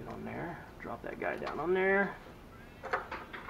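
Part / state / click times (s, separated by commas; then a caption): snap ring on a CV axle joint / seated / 2.9 s. Someone talks while a new snap ring (circlip) from the rebuild kit is dropped down over the CV joint of a Toyota 3rd Gen 4Runner / 1st Gen Tacoma CV axle using snap ring pliers. A sharp snap is heard at 2.9 s as the ring seats into its groove.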